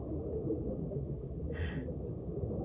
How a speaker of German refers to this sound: Was wir da hören, ist das Rauschen eines Baches. Ein Bach? Ohne allen Zweifel. Ein unterirdischer Fluss strömt in unserer Nähe.